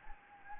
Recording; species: mosquito wingbeat signal from an infrared sensor; Anopheles gambiae